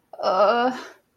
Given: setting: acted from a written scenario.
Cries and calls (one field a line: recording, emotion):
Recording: vocal sound without words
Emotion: guilt